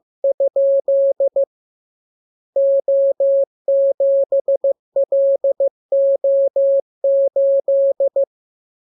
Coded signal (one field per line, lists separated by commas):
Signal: Morse code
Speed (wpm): 15 wpm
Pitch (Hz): 550 Hz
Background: none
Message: ? O7LO8